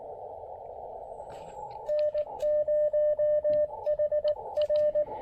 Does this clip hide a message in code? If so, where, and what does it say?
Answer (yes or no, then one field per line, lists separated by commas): yes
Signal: Morse code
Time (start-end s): 1.9-5.0 s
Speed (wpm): 18 wpm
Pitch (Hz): 600 Hz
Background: radio noise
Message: N0HR